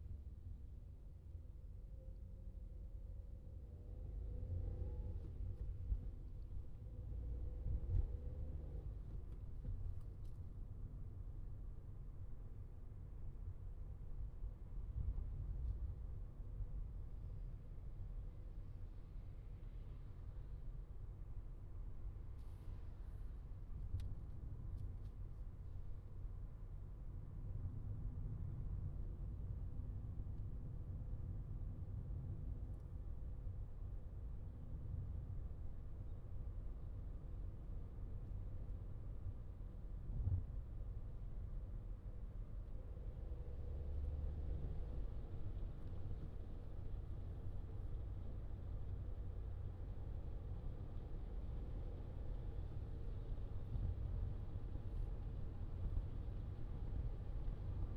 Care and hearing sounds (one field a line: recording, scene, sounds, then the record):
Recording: everyday scene through a hearing-aid microphone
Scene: in a vehicle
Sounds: engine, traffic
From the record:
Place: Skoda Fabia, gasoline engine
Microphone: in the ear canal, left